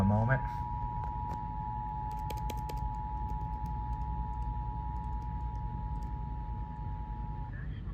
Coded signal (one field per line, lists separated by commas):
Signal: Emergency Alert System (SAME) tones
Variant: 853 and 960 Hz attention tone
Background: speech